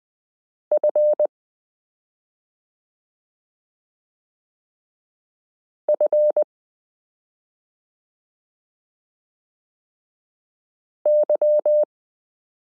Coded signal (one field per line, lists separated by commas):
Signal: Morse code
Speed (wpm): 20 wpm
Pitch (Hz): 600 Hz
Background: none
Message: F F Y